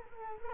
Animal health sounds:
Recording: mosquito wingbeat signal from an infrared sensor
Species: Culex quinquefasciatus

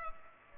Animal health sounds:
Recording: mosquito wingbeat signal from an infrared sensor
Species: Culex pipiens

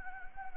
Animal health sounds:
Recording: mosquito wingbeat signal from an infrared sensor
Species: Anopheles gambiae

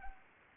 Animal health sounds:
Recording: mosquito wingbeat signal from an infrared sensor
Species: Anopheles arabiensis

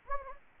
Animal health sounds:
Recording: mosquito wingbeat signal from an infrared sensor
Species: Anopheles gambiae

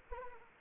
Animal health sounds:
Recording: mosquito wingbeat signal from an infrared sensor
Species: Anopheles arabiensis

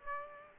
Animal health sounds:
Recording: mosquito wingbeat signal from an infrared sensor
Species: Aedes aegypti

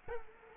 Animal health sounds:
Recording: mosquito wingbeat signal from an infrared sensor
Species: Culex quinquefasciatus

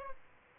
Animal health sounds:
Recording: mosquito wingbeat signal from an infrared sensor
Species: Aedes albopictus

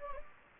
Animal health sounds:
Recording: mosquito wingbeat signal from an infrared sensor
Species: Anopheles gambiae

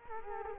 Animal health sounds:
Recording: mosquito wingbeat signal from an infrared sensor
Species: Culex quinquefasciatus

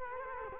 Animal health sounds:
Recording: mosquito wingbeat signal from an infrared sensor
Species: Culex quinquefasciatus

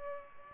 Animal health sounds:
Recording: mosquito wingbeat signal from an infrared sensor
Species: Culex pipiens

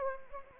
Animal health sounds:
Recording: mosquito wingbeat signal from an infrared sensor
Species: Anopheles arabiensis

